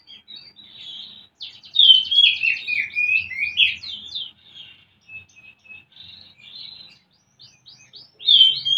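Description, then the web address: Oriental magpie-robin song, soft chatter building into a loud run of fluty, warbling whistles and rattles, then quieter scattered notes and a final loud phrase. Used to stimulate a bird into singing; Indonesian 'pancingan birahi' (mating-arousal lure) and 'masteran' (tutor song) style. "kacer pancingan birahi. masteran kacer"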